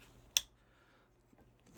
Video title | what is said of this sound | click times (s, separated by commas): Clean your Mosin Nagant with me | click well it clicked so good into place that's good | 0.4 s